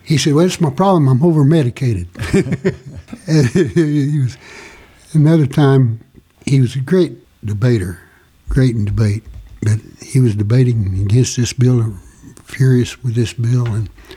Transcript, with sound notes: He said, "Well, that's my problem, I'm overmedicated." (Laughing) Another time—he was a great debater, great in debate—but he was debating against this bill, furious with this bill, and